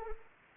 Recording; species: mosquito wingbeat signal from an infrared sensor; Anopheles arabiensis